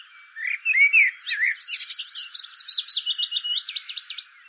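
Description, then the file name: Common blackbird starting with fluted notes, then breaking into a fast, repeated, thin squeaky twitter that runs to the end. "Turdus merula"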